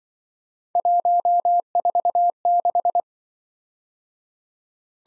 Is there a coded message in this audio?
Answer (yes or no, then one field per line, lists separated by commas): yes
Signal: Morse code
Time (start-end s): 0.8-3.0 s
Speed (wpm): 28 wpm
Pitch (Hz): 700 Hz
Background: none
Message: 146